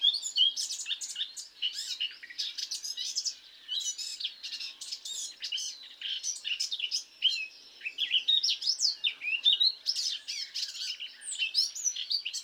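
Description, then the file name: Eurasian blackcap song: dense, fast, high, scratchy chattering and warbling with short whistled slurs, sustained throughout with only brief dips. "Sylvia atricapilla"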